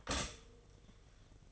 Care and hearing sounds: daily activity, microphone in the room; stop toaster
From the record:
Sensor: 4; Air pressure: 1005.0 hPa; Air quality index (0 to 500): 188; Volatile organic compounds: 6 ppm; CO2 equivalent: 1847 ppm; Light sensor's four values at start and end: 19/63/23/22 and 17/57/21/20

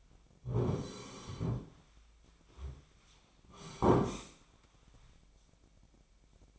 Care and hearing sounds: daily activity, microphone in the room; sit down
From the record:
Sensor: 1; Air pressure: 1009.3 hPa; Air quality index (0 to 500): 179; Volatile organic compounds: 3 ppm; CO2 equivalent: 1512 ppm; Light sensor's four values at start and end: 45/119/50/59 and 46/123/51/61

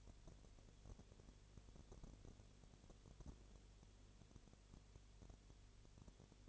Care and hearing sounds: daily activity, microphone in the room; no activity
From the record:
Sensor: 4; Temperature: 22.6 degrees Celsius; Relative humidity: 32.0%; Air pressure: 1008.1 hPa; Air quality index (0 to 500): 113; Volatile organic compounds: 2 ppm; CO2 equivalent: 1102 ppm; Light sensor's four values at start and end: 2/3/1/1 and 2/3/1/1

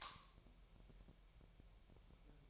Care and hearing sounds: daily activity, microphone in the room; light off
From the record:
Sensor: 1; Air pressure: 1001.9 hPa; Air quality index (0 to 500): 248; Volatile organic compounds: 54 ppm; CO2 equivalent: 3345 ppm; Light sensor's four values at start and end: 15/49/19/20 and 5/11/4/5

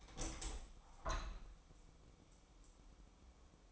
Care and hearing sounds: daily activity, microphone in the room; open window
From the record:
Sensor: 1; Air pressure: 1000.4 hPa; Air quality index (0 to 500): 176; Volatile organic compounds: 4 ppm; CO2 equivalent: 1620 ppm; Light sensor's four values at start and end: 10/24/10/11 and 10/24/10/12

